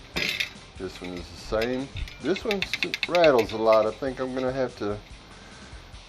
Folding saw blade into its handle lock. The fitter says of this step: Pull the blade out. The blade locks in place.